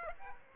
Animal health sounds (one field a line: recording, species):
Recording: mosquito wingbeat signal from an infrared sensor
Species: Aedes aegypti